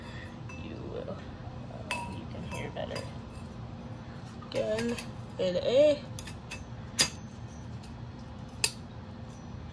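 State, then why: Seated. A lettered straight support pole from a Halloween animatronic is pushed into its matching socket in the base. Someone talks while plastic scrapes and clatters. At 8.6 s a sharp click is heard as the latch catches, and the pole is seated.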